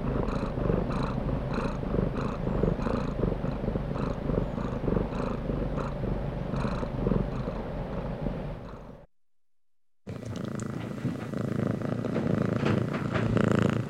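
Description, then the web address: Domestic cat purring in a regular rhythmic rumble, pulsing about four times a second, then a short silent gap before the purring resumes. Contented domestic cat purring while being petted. "cat purring and meowing animal purring contented animal x purring being petted anima"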